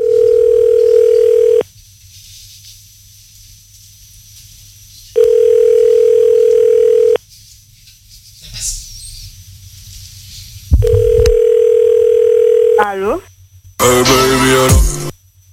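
A telephone ringback tone, heard while calling a random phone number, sounds three times: long, steady mid-pitched tones separated by silent pauses, followed by a brief rush of noisy, warbling sound as the line picks up.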